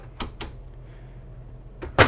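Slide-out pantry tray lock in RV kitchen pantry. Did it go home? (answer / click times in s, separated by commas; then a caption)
released / 0.2 s, 0.4 s. A travel lock on an adjustable-height slide-out pantry tray in the kitchen of a 2023 Newmar Ventana 4037 RV, which holds the tray shut so it won't open while driving, is pushed in to unlock it. Two sharp clicks sound at 0.2 s and 0.4 s as the lock releases, followed by a quiet stretch, then a softer knock and a louder burst near 1.8 s and 2.0 s.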